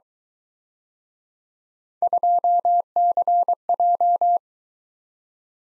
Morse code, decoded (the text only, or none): 2CJ